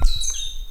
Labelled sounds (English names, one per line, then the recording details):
Stitchbird song
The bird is a male
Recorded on Tiritiri Matangi Island, New Zealand, in 2005
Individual 16, of nest box 24